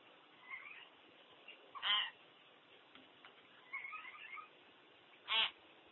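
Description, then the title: Common hill myna letting out two loud, harsh screeches a few seconds apart, with softer chattering notes between them. "burung beo"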